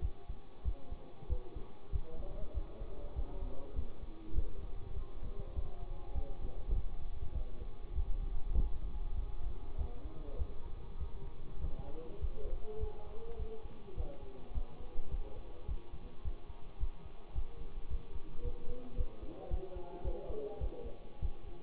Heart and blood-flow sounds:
heart sounds by stethoscope; between the tricuspid and mitral areas; 102 bpm
0.00 s: heartbeat
0.63 s: heartbeat
1.28 s: heartbeat
1.91 s: heartbeat
2.53 s: heartbeat
3.14 s: heartbeat
3.74 s: heartbeat
4.34 s: heartbeat
4.94 s: heartbeat
5.54 s: heartbeat
6.13 s: heartbeat
6.73 s: heartbeat
7.33 s: heartbeat
7.93 s: heartbeat
8.53 s: heartbeat
9.15 s: heartbeat
9.76 s: heartbeat
10.37 s: heartbeat
10.98 s: heartbeat
11.60 s: heartbeat
12.19 s: heartbeat
12.78 s: heartbeat
13.37 s: heartbeat
13.95 s: heartbeat
14.52 s: heartbeat
15.09 s: heartbeat
15.66 s: heartbeat
16.22 s: heartbeat
16.78 s: heartbeat
17.33 s: heartbeat
17.88 s: heartbeat
18.42 s: heartbeat
18.95 s: heartbeat
19.48 s: heartbeat
20.02 s: heartbeat
20.59 s: heartbeat
21.20 s: heartbeat
From the record:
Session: bicycle stress test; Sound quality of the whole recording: good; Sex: male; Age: 24 years

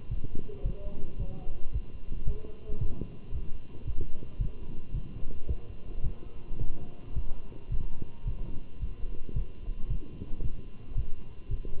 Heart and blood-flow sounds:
heart sounds by stethoscope; between the tricuspid and mitral areas; 111 bpm
0.11 s: heartbeat
0.65 s: heartbeat
1.20 s: heartbeat
1.74 s: heartbeat
2.27 s: heartbeat
2.81 s: heartbeat
3.34 s: heartbeat
3.87 s: heartbeat
4.41 s: heartbeat
4.94 s: heartbeat
5.48 s: heartbeat
6.04 s: heartbeat
6.60 s: heartbeat
7.16 s: heartbeat
7.72 s: heartbeat
8.27 s: heartbeat
8.81 s: heartbeat
9.36 s: heartbeat
9.90 s: heartbeat
10.44 s: heartbeat
10.97 s: heartbeat
11.51 s: heartbeat
From the record:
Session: walking at 3.7 km/h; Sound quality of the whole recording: good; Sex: male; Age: 27 years

